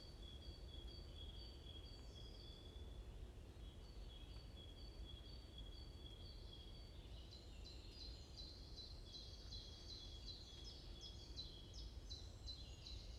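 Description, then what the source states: Birds chirping: long thin whistled notes first, then bursts of quick falling chirps in the second half, with a low rumble throughout. Morning birds chirping in a forest at Watermaal-Bosvoorde, Brussels, Belgium; peaceful atmosphere; recorded with an AMBE VR microphone.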